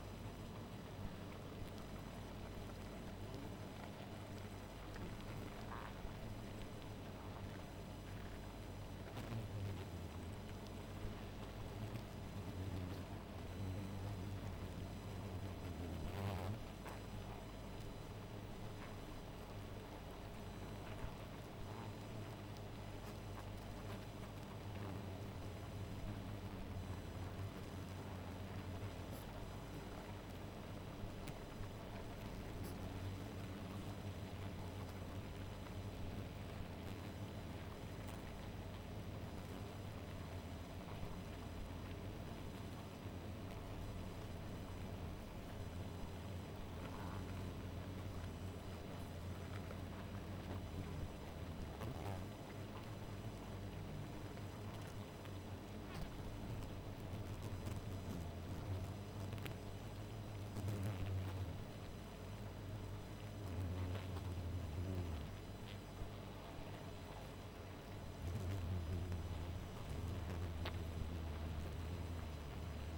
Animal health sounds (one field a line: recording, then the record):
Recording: honeybee colony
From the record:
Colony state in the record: missing queen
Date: 14 July 2017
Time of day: 0:30